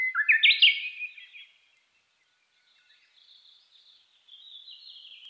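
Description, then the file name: Japanese bush warbler song: a quick run of clear whistled notes stepping upward, then a softer, high, rippling trill that fades to near silence and returns near the end. Recorded 3 July 2010, 15:26. "uguisu-20100703-1526"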